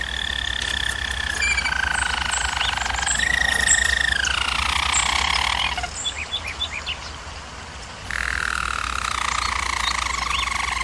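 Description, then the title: German Roller canary song: continuous rolling trills and tours that shift pitch every second or two, with a brief quieter chirping pause before the rolling resumes, over steady low hum. Canary singing in a training recording. "German Roller Canary Singing - Canary Training Vid"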